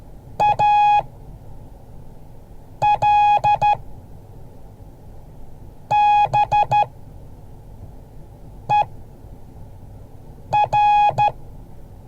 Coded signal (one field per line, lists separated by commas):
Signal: Morse code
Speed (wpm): 12 wpm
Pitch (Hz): 830 Hz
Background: none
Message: ALBER